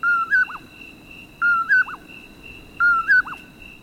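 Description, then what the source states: Common Poorwill calling three times at a steady pace, each a flat whistle, a brief higher note and a quick dipping ending, with a constant high-pitched drone behind. Heard in summer in the Southwest, the call greeting the moonrise.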